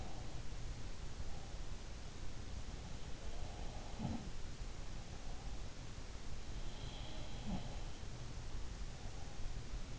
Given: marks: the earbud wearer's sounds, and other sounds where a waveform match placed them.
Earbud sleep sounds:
sounds in sleep by an in-ear microphone; teeth grinding
0.00-0.24 s: teeth grinding
3.14-4.45 s: sound from someone else or the room
6.80-8.19 s: sound from someone else or the room

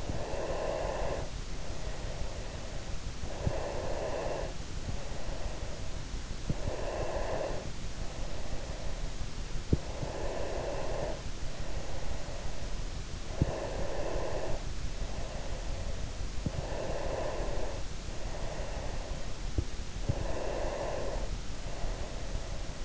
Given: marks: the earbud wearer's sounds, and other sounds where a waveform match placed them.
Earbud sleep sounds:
sounds in sleep by an in-ear microphone; breath
0.00-2.73 s: breath
3.38-5.85 s: breath
6.89-9.23 s: breath
9.88-15.99 s: breath
16.41-19.27 s: breath
20.02-22.75 s: breath

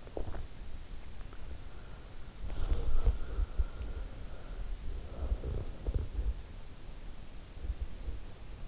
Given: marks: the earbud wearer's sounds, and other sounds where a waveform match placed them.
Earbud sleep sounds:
sounds in sleep by an in-ear microphone; swallowing, breath
0.00-0.77 s: swallowing
1.86-6.81 s: breath

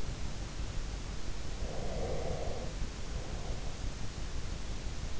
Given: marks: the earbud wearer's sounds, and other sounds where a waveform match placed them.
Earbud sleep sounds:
sounds in sleep by an in-ear microphone; breath
1.60-3.94 s: breath

